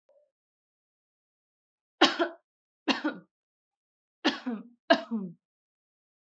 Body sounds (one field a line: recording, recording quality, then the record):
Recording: shallow voluntary cough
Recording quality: excellent, no background noise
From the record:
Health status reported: healthy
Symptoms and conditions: none ticked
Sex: female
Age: 28 years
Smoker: not ticked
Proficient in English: yes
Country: India